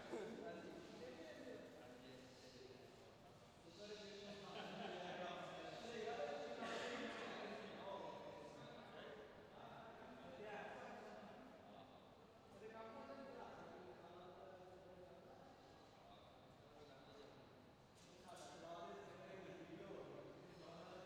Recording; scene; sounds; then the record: everyday scene through a hearing-aid microphone; reverberant space; background noise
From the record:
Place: railway station hall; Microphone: in the ear canal, left